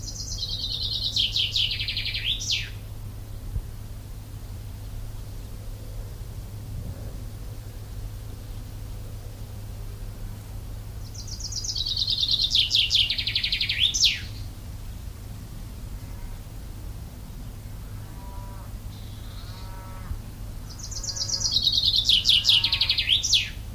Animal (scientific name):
Fringilla coelebs